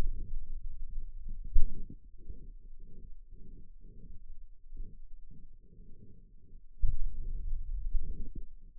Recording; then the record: forearm muscle sounds (acoustic myography)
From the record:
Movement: finger pinch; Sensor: system 2, bracelet of six BSWA MPA416 microphones around the upper forearm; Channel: 4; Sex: male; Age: 22 years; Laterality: right